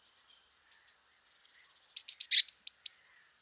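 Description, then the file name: Eurasian blue tit calls: a long thin high whistle sliding slightly down, then a quick burst of sharp high notes and short downslurred whistles near the end. "Cyanistes caeruleus"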